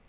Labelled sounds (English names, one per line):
Lucy's Warbler flight call